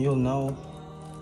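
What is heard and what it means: A plastic aftermarket rear diffuser for a 2018–2021 car is being handled and pushed onto the car's rear bumper so its clips will lock in. Someone talks over a steady tonal hum that drops in level about halfway through. Nothing has seated or clicked yet.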